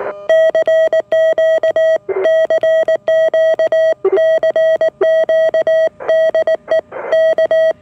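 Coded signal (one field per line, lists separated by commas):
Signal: Morse code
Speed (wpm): 19 wpm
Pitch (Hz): 640 Hz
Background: none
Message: CQ CQ CQ DE K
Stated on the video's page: Elecraft KX1 in a homebrew go-box reproduction.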